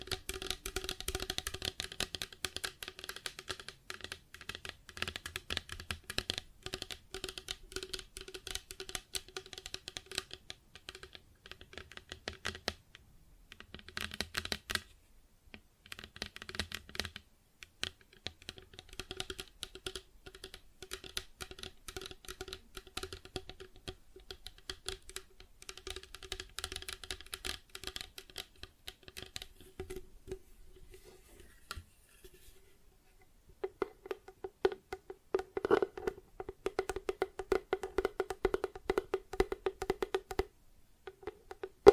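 Plastic objects are tapped and scratched in quick, uneven bursts of clicks and scrapes that run throughout. The sounds are bright and clattery, like typing, with short pauses around 12, 16 and 32 seconds, and a denser, ringing stretch of tapping near the end.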